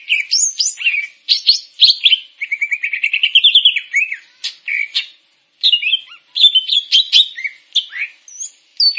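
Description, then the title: Grey-cheeked bulbul song with a steady rolling trill in the middle, flanked by sharp chips and varied whistled notes; one short pause. "Kicau Burung Cucak Jenggot"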